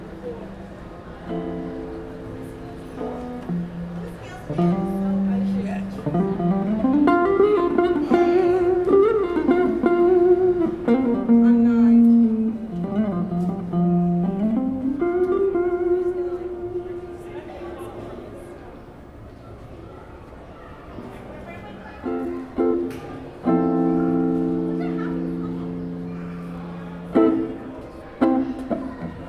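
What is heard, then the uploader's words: A guitarist plays in a subway station, with sustained notes and chords ringing out clear. Through the middle a voice-like tone glides up and down in long held phrases, and a steady low murmur of the station sits underneath throughout. New York City Columbus Circle Station ambience with guitarist playing.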